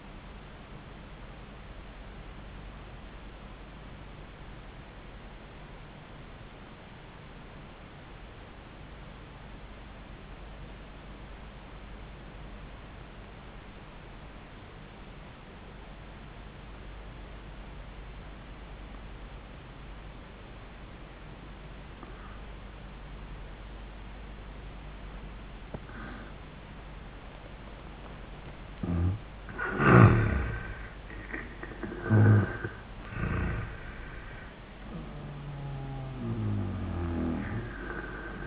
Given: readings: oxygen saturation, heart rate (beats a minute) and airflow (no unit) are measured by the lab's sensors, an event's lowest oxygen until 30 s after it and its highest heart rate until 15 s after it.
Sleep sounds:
breathing in sleep by a voice recorder at the bedside; 1
3.00-29.40 s: obstructive apnea (N1, oxygen 97% highest, then 83% lowest)
4.00-34.00 s: new sleep stage, N2 (light sleep)
34.00-38.47 s: new sleep stage, N1 (lightest sleep)
From the record:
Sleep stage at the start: N1 (lightest sleep); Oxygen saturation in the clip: 83 to 97%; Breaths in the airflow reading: 3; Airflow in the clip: -13.7 to 10.2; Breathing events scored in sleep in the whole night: 400 in 8.7 hours asleep

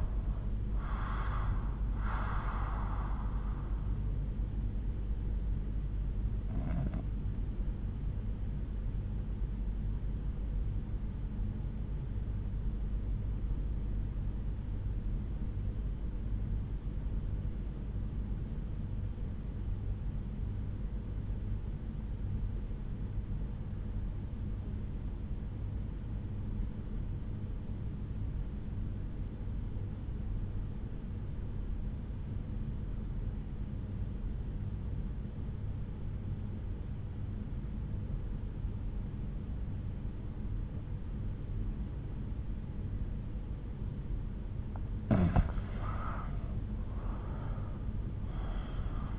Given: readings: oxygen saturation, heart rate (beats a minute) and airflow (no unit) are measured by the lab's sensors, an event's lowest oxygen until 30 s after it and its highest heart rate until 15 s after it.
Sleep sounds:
breathing in sleep by a smartphone at the bedside; 1
13.00-45.00 s: obstructive apnea (REM, oxygen 96% highest, then 78% lowest, heart rate 61 at the start, 85 highest)
From the record:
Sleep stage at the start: REM sleep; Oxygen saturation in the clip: 87 to 96%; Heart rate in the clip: 56 to 81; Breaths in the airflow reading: 3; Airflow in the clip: -10.2 to 13.5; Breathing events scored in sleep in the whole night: 368 in 8.0 hours asleep

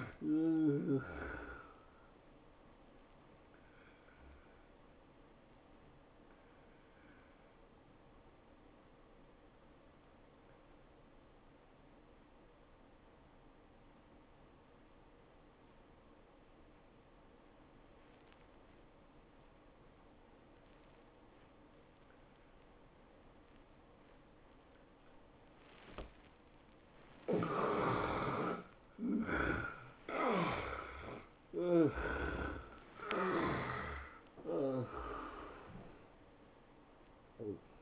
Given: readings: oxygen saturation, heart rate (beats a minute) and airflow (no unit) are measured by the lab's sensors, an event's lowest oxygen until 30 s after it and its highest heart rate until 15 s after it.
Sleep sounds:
breathing in sleep by a voice recorder at the bedside; 1
3.00-27.30 s: obstructive apnea (N1, oxygen 96% highest, then 71% lowest, heart rate 108 at the start, 111 highest)
From the record:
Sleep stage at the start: N1 (lightest sleep); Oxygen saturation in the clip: 73 to 96%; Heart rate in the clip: 78 to 109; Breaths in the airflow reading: 5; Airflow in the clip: -11.5 to 11.0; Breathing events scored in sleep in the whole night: 403 in 5.5 hours asleep

